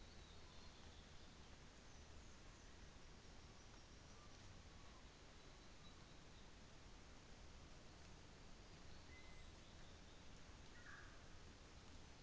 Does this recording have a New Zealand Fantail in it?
yes